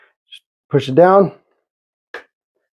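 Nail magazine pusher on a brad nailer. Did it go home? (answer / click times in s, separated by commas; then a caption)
yes / 2.1 s. Someone talks, then the magazine pusher (follower) of a DeWalt 20V cordless 18-gauge brad nailer, loaded with brad nails, is pushed down. It locks in place with one sharp click at 2.1 s.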